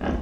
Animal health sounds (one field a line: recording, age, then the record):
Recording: pig call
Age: growing-finishing pig (85 days or more)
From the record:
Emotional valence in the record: negative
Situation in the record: barren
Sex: female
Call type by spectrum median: low-frequency call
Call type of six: low-frequency tonal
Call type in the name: low-frequency stable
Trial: 3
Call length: 0.23 s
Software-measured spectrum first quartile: 141 Hz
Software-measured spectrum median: 310 Hz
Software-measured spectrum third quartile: 720 Hz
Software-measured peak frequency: 231 Hz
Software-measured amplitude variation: 128 dB a second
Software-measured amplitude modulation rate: 24.3 a second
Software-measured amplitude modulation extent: 5.3 dB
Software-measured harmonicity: -0.6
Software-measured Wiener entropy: -0.80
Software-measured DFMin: 1071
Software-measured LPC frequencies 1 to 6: 1612, 2875, 3419, 4512, 5210, 5872 Hz